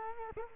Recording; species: mosquito wingbeat signal from an infrared sensor; Culex quinquefasciatus